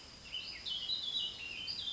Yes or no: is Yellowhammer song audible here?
no